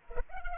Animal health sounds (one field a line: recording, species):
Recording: mosquito wingbeat signal from an infrared sensor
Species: Culex pipiens